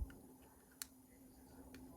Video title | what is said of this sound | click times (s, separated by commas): Mercedes 2002 Key remote casing replacement | yes it clicked in but it it just made a tiny little click | 0.8 s